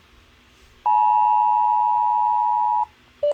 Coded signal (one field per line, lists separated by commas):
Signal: Emergency Alert System (SAME) tones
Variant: 853 and 960 Hz attention tone